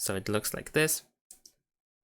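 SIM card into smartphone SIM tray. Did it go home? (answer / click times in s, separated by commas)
yes / 1.3 s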